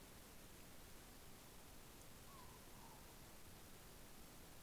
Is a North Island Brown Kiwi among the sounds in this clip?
no